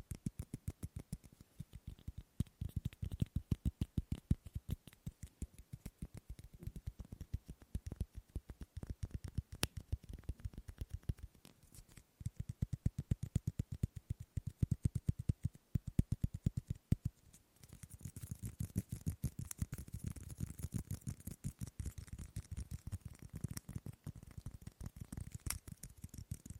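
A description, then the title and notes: Rapid tapping on objects, dense clicks varying in speed, with a brief pause near seventeen seconds before a brighter, hissier tapping resumes. ASMR Fast & Slow Tapping on 6 Objects No Talking.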